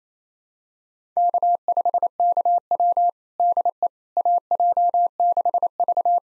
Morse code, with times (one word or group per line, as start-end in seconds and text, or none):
1.2-3.1 K5KW
3.4-3.9 DE
4.2-6.2 AJ6V